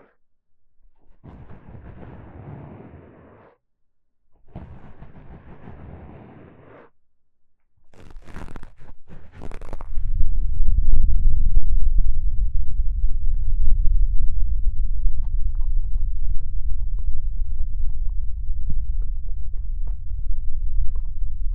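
Ear cupping with two muffled rustling swells, a few sharp crackles near eight seconds, then a dense, deep rumbling pulse that fills the rest.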